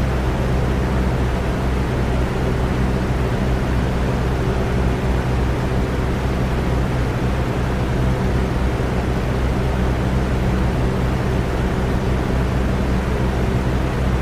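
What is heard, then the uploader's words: A box fan runs steadily with an even, airy whoosh that never changes in level. Beneath the rush sits a strong low motor hum with a few fixed droning tones, with no separate events or background sounds. Box Fan.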